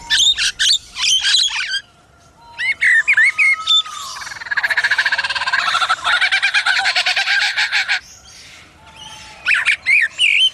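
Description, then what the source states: Lyrebird mimicking other birds: quick chirps and squawks, looping whistled notes, then a long buzzy, rattling chatter, followed by more squeaky calls. Chuck, a hand-reared male lyrebird at Adelaide Zoo, Australia, mimicking other birds such as lorikeets, kookaburras and magpie-larks.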